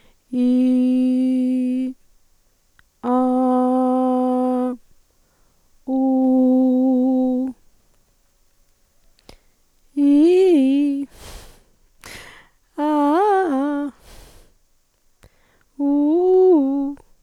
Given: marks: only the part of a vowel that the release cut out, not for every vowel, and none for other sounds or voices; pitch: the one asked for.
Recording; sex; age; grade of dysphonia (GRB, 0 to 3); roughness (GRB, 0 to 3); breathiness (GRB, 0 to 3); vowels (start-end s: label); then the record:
sustained vowels; female; 40 to 49 years; 2; 0; 0
0.49-1.77 s: vowel /i/, low pitch
3.41-4.55 s: vowel /a/, low pitch
6.04-7.25 s: vowel /u/, low pitch
10.04-10.89 s: vowel /i/, low-high-low pitch
12.84-13.79 s: vowel /a/, low-high-low pitch
15.87-16.82 s: vowel /u/, low-high-low pitch
From the record:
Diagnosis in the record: dysphonia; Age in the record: 40 years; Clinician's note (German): Multifaktoriell